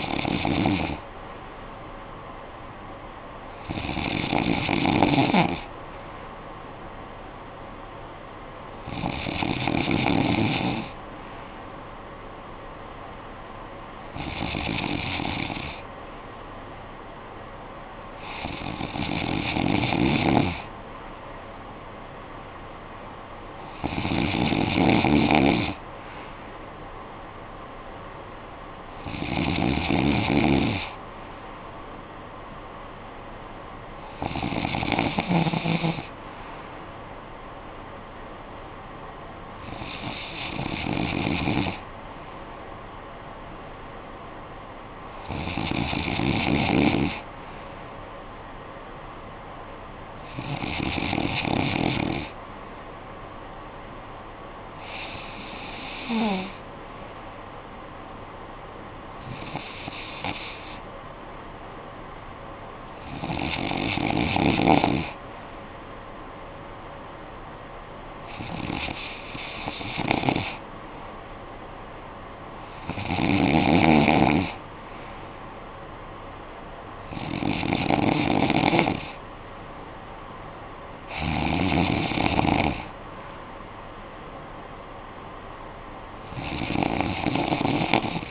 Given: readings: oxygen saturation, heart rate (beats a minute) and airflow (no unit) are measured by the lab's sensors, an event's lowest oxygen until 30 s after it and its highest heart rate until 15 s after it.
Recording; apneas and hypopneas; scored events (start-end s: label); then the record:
breathing in sleep by a voice recorder at the bedside; none
none scored
From the record:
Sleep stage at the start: N2 (light sleep); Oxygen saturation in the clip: 92 to 95%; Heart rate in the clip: 52 to 66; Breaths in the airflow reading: 18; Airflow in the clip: -10.5 to 6.2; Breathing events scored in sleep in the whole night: 445 in 7.6 hours asleep